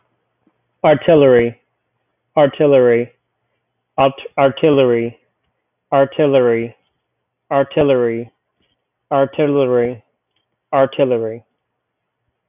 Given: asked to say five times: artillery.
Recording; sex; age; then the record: repeated word; male; 20 to 29 years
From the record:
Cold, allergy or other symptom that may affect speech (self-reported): no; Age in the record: 23 years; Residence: South Carolina, United States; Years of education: 16